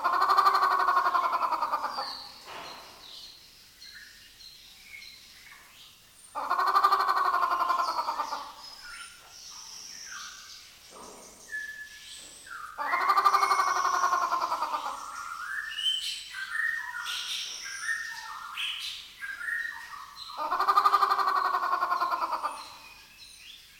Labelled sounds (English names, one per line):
Grey Peacock-Pheasant